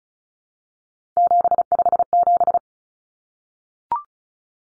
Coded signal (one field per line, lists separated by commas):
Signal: Morse code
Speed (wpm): 34 wpm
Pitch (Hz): 700 Hz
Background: none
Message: 757